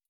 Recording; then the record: hydrophone in a shrimp aquaculture tank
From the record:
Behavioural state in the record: stressed